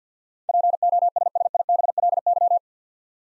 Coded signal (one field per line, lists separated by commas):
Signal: Morse code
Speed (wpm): 50 wpm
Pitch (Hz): 700 Hz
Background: none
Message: POSSIBLY